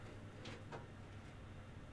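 A PC power supply cable connector is pressed and handled against its socket during an i9-9900K 3.6GHz PC build, with soft broadband rustling bursts around 0.5 s and 0.8 s over a steady low hum. Nothing has seated or clicked yet.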